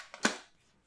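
A small release latch on a plastic brick toy game console model is clicked open to release its cartridge. A faint click at 0.1 s is followed by a louder, sharper click at 0.3 s that trails off. The latch opens and the plastic brick cartridge comes out of the console.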